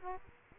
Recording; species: mosquito wingbeat signal from an infrared sensor; Aedes aegypti